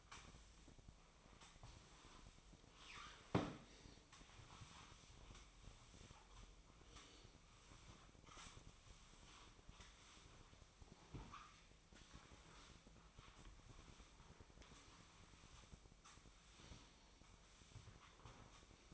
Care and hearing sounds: daily activity, microphone in the room; sweep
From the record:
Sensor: 1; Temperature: 24.4 degrees Celsius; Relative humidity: 39.3%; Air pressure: 1003.1 hPa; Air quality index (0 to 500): 197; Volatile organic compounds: 6 ppm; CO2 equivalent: 1887 ppm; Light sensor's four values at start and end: 13/31/13/16 and 14/34/14/17

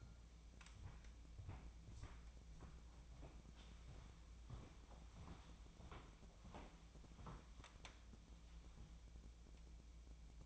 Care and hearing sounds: daily activity, microphone in the room; walk to room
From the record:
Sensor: 1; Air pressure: 999.9 hPa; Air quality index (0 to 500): 128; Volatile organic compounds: 2 ppm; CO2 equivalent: 1214 ppm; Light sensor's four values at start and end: 40/102/43/53 and 38/95/40/50

